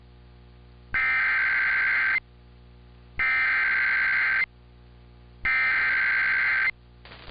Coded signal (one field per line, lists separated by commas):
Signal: Emergency Alert System (SAME) tones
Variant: header bursts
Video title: We aren't severe enough! | EAS Alerts from 9/25/2022 (EAS #2034-2039)